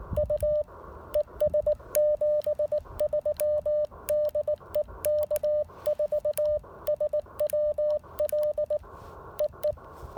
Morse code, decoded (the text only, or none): U ES 73 DE K4SWL E E